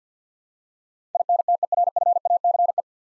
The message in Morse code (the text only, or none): INTERFACE